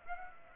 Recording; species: mosquito wingbeat signal from an infrared sensor; Aedes aegypti